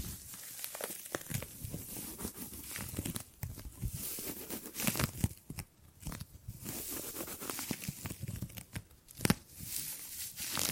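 Gripping and grabbing sounds: rough rustling, crinkling handling noise that comes in uneven bursts throughout. Short grabs land irregularly, with brief gaps near three and six seconds, and a few sharp snaps stand out, one near nine seconds.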